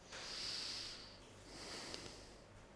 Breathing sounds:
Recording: one breath in and out by a microphone near the nose and mouth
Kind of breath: deep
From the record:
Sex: male

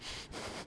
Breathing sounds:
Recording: one breath in and out by a microphone near the nose and mouth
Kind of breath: strong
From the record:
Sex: male

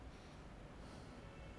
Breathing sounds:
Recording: one breath in and out by a microphone near the nose and mouth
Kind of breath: normal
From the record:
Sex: male

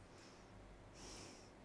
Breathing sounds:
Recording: one breath in and out by a microphone near the nose and mouth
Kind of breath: normal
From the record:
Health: marked as sick, illness not named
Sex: female

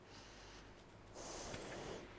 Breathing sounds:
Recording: one breath in and out by a microphone near the nose and mouth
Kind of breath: deep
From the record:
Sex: female

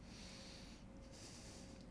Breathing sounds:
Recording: one breath in and out by a microphone near the nose and mouth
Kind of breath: deep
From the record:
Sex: male

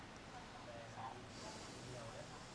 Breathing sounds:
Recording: one breath in and out by a microphone near the nose and mouth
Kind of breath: normal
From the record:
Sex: male

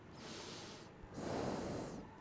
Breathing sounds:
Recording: one breath in and out by a microphone near the nose and mouth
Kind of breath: normal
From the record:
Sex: male

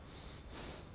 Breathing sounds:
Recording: one breath in and out by a microphone near the nose and mouth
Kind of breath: strong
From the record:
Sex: male

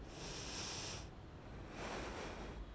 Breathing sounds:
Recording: one breath in and out by a microphone near the nose and mouth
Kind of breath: deep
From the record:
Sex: female

